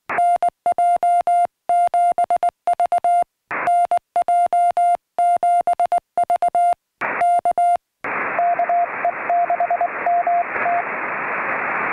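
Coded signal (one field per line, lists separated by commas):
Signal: Morse code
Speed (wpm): 20 wpm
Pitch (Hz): 700 Hz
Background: music, radio noise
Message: NJ7V NJ7V K KE6MT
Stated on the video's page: CW contacts during a Summits on the Air activation, working the ham bands and seeking summit-to-summit contacts.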